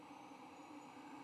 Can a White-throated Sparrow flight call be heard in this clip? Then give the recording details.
no. No flight call is heard. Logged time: 23:26 on 19 November 2014